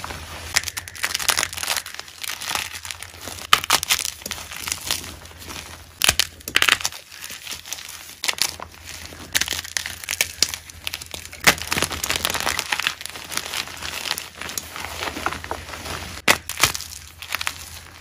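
Gym chalk is crushed and crumbled, a dense run of crisp crunches and crackles over a faint low hum.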